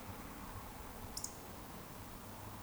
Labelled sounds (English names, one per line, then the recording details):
Eurasian Woodcock whistle
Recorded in Baden-Württemberg, Germany, on 13 June 2020 at 20:35 UTC
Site 14569, 102 m above sea level